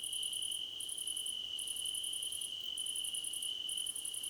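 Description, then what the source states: Crickets chirping in a chorus, very high rapid pulse trains in bursts of under a second, over a continuous lower trill. Several crickets chirping together, described as a choir competition.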